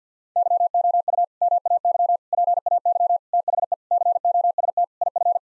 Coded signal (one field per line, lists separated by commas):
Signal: Morse code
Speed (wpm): 50 wpm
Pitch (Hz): 700 Hz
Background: none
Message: YOU MAY PAY THE COST IF